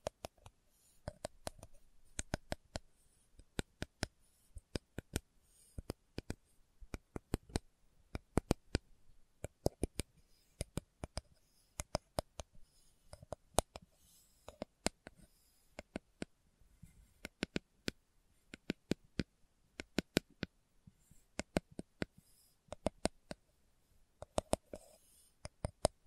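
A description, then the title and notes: Slow tapping made up of sharp, crisp clicks that arrive irregularly, sometimes singly and sometimes in quick clusters, several per second at their busiest. Each tap is brief and bright, separated by near-silent gaps with only a faint hiss underneath. ASMR Slow Tapping for Deep Sleep (No Talking).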